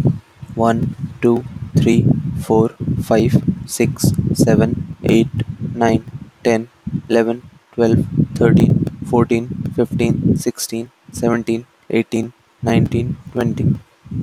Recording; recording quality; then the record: counting at a normal pace; moderate, slight background noise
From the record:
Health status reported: healthy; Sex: male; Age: 21 years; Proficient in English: yes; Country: India